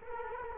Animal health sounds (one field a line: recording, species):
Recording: mosquito wingbeat signal from an infrared sensor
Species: Culex quinquefasciatus